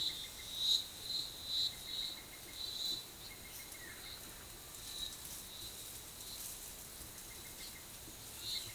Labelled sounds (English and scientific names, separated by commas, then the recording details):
none
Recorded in forest near Pivijay, Magdalena, Colombia, on 13 April 2023 at 12:00
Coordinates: 10.467, -74.380
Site Z5-G034